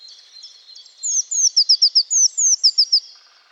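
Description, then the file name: Eurasian blue tit calling two quick phrases of high, thin notes, each with a few slurred opening notes then a rapid string of falling chips. "Cyanistes caeruleus"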